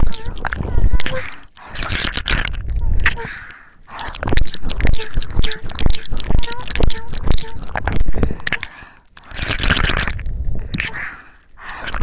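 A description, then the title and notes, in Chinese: Wet ear-licking and mouth sounds: rapid clicks, smacks and slurps packed tightly throughout, with short squeaky sucking tones. Breathy, hissing swells rise around two seconds and again near ten seconds, and the lower rumble of the mouth stays. 舔耳+口腔音。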